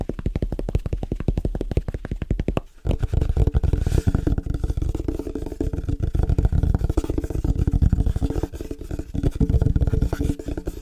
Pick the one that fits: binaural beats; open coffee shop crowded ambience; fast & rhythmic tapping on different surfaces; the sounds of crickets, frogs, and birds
fast & rhythmic tapping on different surfaces